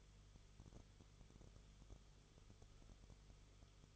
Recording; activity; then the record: daily activity, microphone in the room; no activity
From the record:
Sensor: 4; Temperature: 22.9 degrees Celsius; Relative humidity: 34.5%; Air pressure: 1011.5 hPa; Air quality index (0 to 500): 193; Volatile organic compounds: 13 ppm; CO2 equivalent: 2389 ppm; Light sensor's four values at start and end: 2/3/1/1 and 2/3/1/1